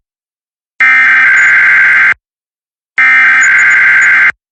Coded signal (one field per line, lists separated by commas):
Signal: Emergency Alert System (SAME) tones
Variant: header bursts